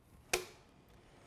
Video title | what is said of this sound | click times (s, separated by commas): 4Runner PreCut Kit v1 | now that means that the inner rail and the outer rail have clicked together and your drawer is now | 0.3 s